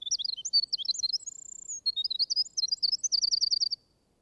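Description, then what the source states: Winter Wren song: a long, rapid, high tinkling cascade of warbles and trills with one sustained whistled note midway and a fast even trill near the end. Library recording played in an audiobook; song very strong for so small a bird, brilliant and plaintive, like a tremulous vibrating tongue of silver, gushing and lyrical.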